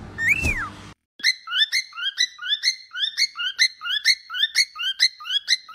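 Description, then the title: Cockatiel calls: one arched whistle, a brief silence, then a steady rapid series of short chirps. Several cockatiels, whistling and singing. "Calopsitas Cantando Assobio"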